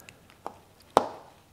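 A plastic gland anchoring plate is pressed over the dovetails moulded into the base of a fibre joint closure. A few small ticks come first, then a sharp, loud click at 0.97 s as the plate snaps into place. The plate is confirmed seated on the dovetails.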